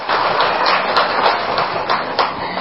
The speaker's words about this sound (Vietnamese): Và hôm nay cũng có cái nhân vật chính đi đến đây, xin mời nhân vật chính đứng lên cho bà con, xin cho một tràng pháo tay.